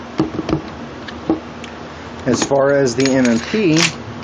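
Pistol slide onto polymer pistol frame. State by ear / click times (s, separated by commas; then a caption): not seated / none. A pistol slide is handled at a compact M&P9c polymer pistol frame during reassembly, producing sharp handling clicks around 0.2, 0.5, 1.1, 1.3 and 1.6 seconds. Someone then talks from about 2.3 seconds. The slide has not yet snapped back into place, and nothing has seated by the end of the clip.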